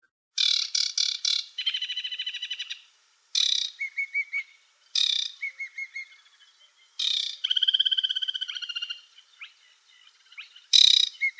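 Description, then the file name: Aquatic warbler song made of harsh chattering rattles, long buzzy trilled phrases and short series of level whistled notes, delivered in quick bursts separated by short gaps. "WODNICZKA"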